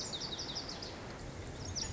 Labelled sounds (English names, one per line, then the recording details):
Lazuli Bunting
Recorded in Sonoma County, California